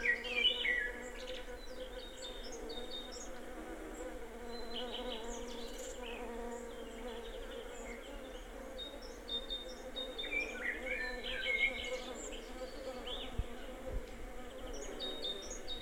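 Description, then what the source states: Bee buzzing, a steady low hum running through the whole stretch, with scattered high bird chirps and twitters above it. Bees in a garden, with birds also present.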